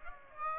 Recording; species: mosquito wingbeat signal from an infrared sensor; Aedes aegypti